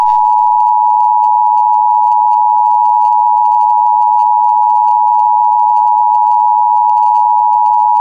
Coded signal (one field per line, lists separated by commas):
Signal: Emergency Alert System (SAME) tones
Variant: 853 and 960 Hz attention tone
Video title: Required Weekly Test